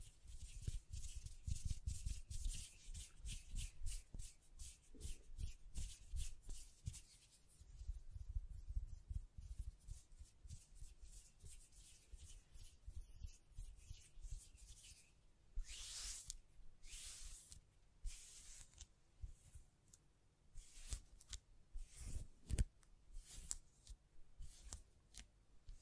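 Hands tap, scratch and brush against a microphone in a busy, irregular stream of soft thumps and scrapes. Low thuds cluster in the first ten seconds, then sharper, hissing brushes flare around 15 to 23 seconds, with only brief quieter gaps between.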